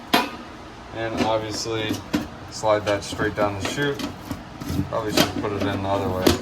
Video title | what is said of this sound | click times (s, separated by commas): How to replace a kitchen faucet that won’t come out | Yeah, just snaps right in. | 0.1 s